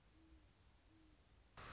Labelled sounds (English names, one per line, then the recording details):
Great Horned Owl
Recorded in Sonoma County, California